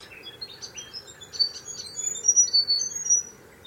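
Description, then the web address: Bird calls: a quick, uneven series of high chirps and thin whistled notes, growing busier midway, over a faint steady hum. Unidentified bird calling in mangroves. "Sound Effects-Foundation 1 BIRD UNKNOWN MAGROVES"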